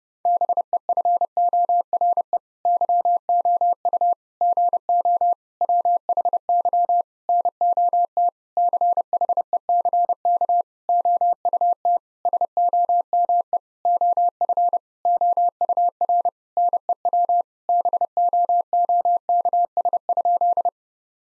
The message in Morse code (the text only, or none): BEFORE YOU GO WHY NOT CHECK OUT SOME OF OUR NEW BOOKS?